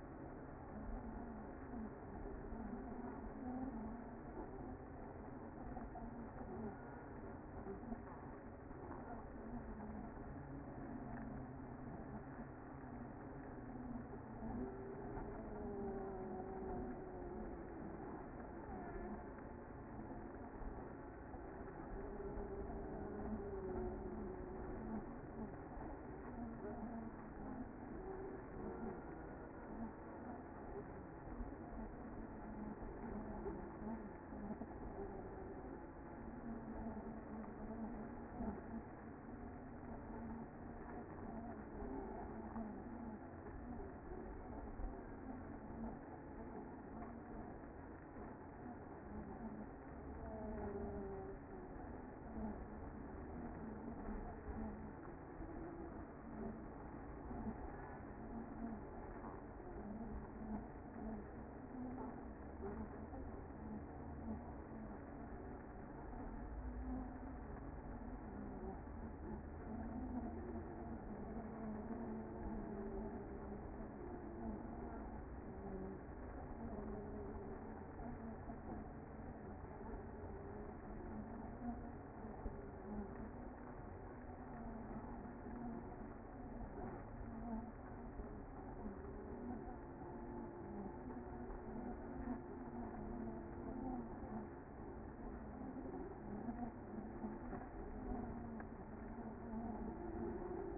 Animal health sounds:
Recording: honeybee colony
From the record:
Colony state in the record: active

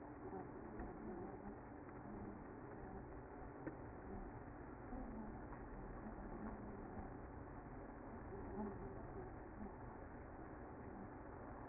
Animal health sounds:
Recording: honeybee colony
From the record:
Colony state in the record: active

